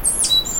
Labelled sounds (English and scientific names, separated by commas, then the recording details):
Stitchbird (Notiomystis cincta) song
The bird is a male
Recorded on Tiritiri Matangi Island, New Zealand, in 2005
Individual 1, of nest box 1